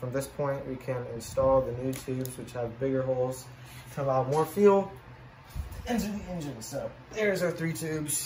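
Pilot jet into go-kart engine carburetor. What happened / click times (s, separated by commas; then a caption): Small parts handled, nothing clicked into place yet / none. Someone talks while holding three new brass pilot jet/emulsion tubes from a Stage 5 kit, which have bigger holes to allow more fuel into the engine, for the aluminium carburetor of a Predator 212 race go-kart engine. The tubes are handled before being pushed by hand into their bore, and nothing has seated or clicked yet.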